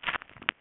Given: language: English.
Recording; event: throat vibration sensor signal played as sound; swallow